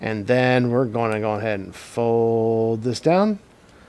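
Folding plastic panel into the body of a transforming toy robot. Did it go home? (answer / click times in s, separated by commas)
no / none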